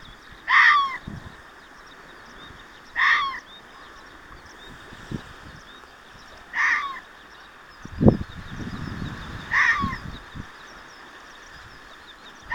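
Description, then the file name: Fox calls: four hoarse barks repeated every few seconds, with occasional low knocks and rumbles in between. Recorded 6 June 2024. "キツネ 240606"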